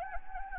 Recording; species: mosquito wingbeat signal from an infrared sensor; Anopheles gambiae